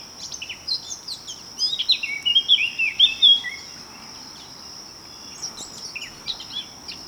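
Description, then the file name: Eurasian blackcap singing a short burst of fast, jumbled warbling notes, then quieter scattered chirps, with a constant thin high tone behind. "Sylvia atricapilla"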